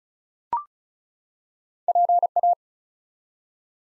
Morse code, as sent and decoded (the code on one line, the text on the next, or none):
.--. .-
PA